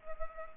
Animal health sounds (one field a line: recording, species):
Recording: mosquito wingbeat signal from an infrared sensor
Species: Culex pipiens